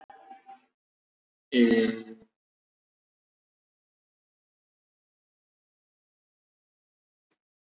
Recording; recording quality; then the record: sustained vowel as in made; excellent, no background noise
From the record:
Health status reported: healthy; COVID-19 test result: negative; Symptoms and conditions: none ticked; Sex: male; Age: 33 years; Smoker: not ticked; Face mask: worn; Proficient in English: yes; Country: India